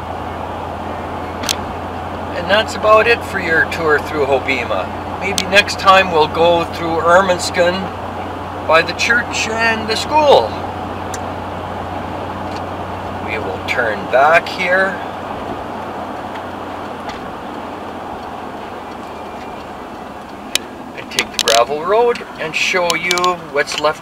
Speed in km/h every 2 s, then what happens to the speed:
73, 74, 75, 76, 76, 76, 76, 74, 69, 58, 39, 20.
0-12 steady at about 76. 12-24 brakes to 20.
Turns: 19-24.